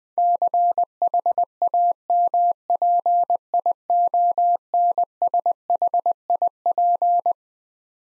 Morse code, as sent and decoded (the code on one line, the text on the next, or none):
-.-. .... .- -- .--. .. --- -. ... .... .. .--.
CHAMPIONSHIP